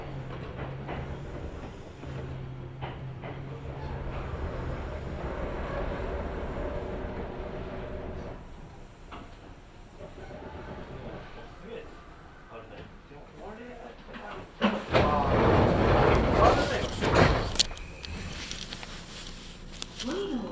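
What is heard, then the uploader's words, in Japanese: A ride on a Kintetsu Osaka Line section semi-express train, with a steady low rumble of wheels and motor under murmured talk. The rumble eases around the middle, then a louder, rougher stretch of clattering and hissing surges from about fifteen to eighteen seconds. 耳で楽しむ鉄道旅 近鉄大阪線 区間準急 大和朝倉→近鉄下田。大和朝倉始発の区間準急大阪上本町行きに乗り換えました。区間準急なので途中の河内山本までは各駅停車となります。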